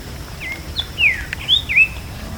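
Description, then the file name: Bird with a fast string of five whistled notes, swooping down then up, against a faint continuous high tone. "SABIOD bird 2015"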